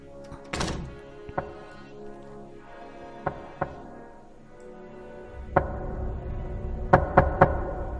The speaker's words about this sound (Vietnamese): Trong đêm vắng, tiếng gõ cửa gỗ vang lên cộc cộc, cộc cộc, nghe đến rợn cả người